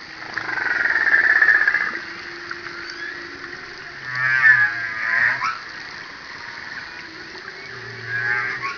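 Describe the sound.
Humpback whale song with long squealing tones, a wavering harmonic cry in the middle, and deep low moans recurring every few seconds over a steady background hiss.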